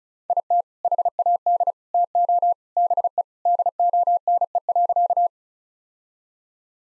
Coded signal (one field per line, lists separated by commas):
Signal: Morse code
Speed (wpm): 36 wpm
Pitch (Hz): 700 Hz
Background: none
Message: IT HAD TO BE DONE.